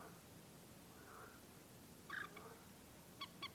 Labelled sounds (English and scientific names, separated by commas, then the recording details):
Common Moorhen (Gallinula chloropus)
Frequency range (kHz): Common Moorhen (Gallinula chloropus) 0.9-5.8 kHz
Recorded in France